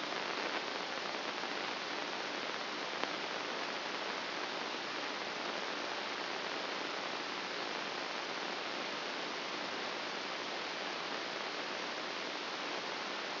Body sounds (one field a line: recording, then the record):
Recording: brain microelectrode recording played as sound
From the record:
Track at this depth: inside the subthalamic nucleus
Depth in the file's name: 4.503 mm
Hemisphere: right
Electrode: 2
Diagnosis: Parkinson's disease